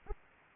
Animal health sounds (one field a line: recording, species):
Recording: mosquito wingbeat signal from an infrared sensor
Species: Aedes aegypti